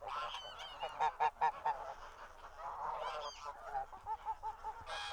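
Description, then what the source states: Goose: geese honking in a flock, overlapping nasal honks with a run of short loud honks early on and a series of quicker honks near the end. A horde of geese honking.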